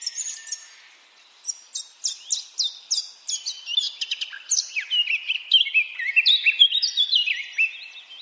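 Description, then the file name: Eurasian blackcap song: after a few opening notes and a short pause, a run of quick descending notes builds into a rich, rambling warble of whistled and chattering phrases. "Sylvia atricapilla"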